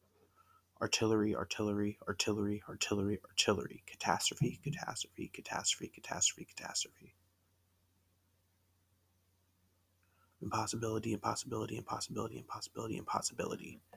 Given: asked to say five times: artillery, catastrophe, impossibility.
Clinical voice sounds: three words, each repeated; male; 30 to 39 years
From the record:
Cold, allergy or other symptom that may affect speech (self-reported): no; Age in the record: 31 years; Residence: Illinois, United States

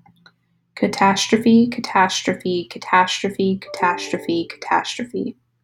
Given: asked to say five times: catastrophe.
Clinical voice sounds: repeated word; female; 20 to 29 years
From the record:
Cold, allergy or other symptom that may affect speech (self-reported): no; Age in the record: 26 years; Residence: California, United States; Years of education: 18

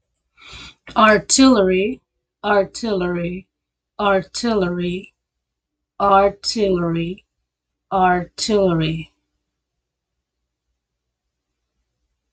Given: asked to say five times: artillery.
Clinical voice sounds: repeated word; female; 40 to 49 years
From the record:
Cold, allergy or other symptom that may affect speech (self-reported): no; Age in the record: 44 years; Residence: Texas, United States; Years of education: 14

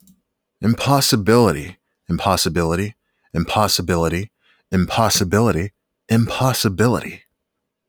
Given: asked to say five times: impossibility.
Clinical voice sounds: repeated word; male; 30 to 39 years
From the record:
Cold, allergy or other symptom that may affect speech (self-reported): no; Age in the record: 30 years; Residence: Illinois, United States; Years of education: 12

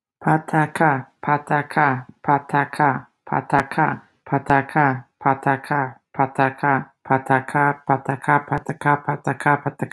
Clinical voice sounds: repeated syllables /pa ta ka/; female; 30 to 39 years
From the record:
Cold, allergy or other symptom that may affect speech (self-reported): no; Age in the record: 34 years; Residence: United States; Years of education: 19

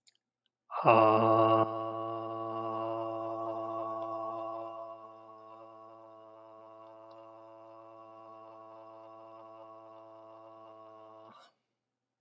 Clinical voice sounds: vowel held as long as possible; male; 40 to 49 years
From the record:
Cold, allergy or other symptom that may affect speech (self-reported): no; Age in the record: 48 years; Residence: Texas, United States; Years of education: 16

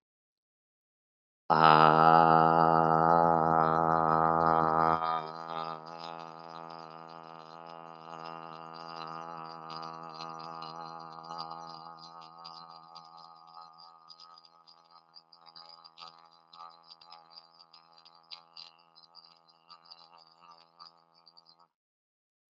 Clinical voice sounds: vowel held as long as possible; male; 40 to 49 years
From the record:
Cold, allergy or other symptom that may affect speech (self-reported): no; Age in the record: 48 years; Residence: Ohio, United States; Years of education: 19

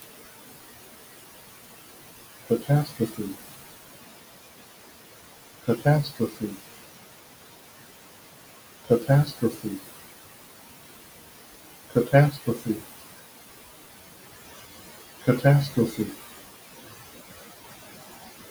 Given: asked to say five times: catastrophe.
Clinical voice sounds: repeated word; male; 40 to 49 years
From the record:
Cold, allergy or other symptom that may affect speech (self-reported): no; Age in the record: 49 years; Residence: Texas, United States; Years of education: 16

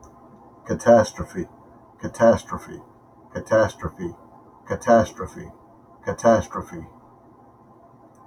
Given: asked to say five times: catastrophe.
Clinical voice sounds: repeated word; male; 40 to 49 years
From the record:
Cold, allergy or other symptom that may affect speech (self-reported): no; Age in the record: 46 years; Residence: Georgia, United States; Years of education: 13

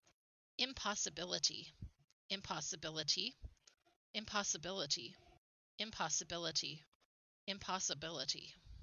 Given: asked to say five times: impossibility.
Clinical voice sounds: repeated word; female; 40 to 49 years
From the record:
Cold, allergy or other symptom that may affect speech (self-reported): no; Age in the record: 44 years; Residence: Idaho, United States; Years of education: 16

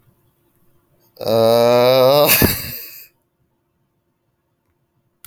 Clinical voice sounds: vowel held as long as possible; male; 20 to 29 years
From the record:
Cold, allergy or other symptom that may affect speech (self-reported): no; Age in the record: 21 years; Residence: Rhode Island, United States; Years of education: 15

